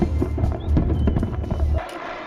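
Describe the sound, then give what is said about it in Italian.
Fireworks set off at a street celebration in Latvia marking independence from the Soviet Union on 4 May 1991 crackle and pop in rapid, irregular bursts over a steady low rumble of noise, then the booming cuts off and only a thinner hiss remains. “Era il 4 maggio 1991 e un intero paese scendeva in strada per festeggiare con fuochi d'artificio l'indipendenza dall'Unione Sovietica dopo 50 anni di dominio.”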